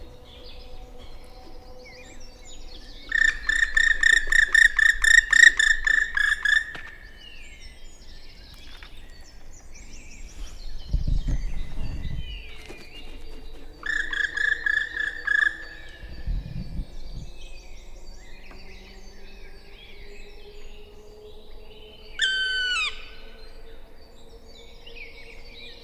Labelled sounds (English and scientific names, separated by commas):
Black Woodpecker (Dryocopus martius) flight call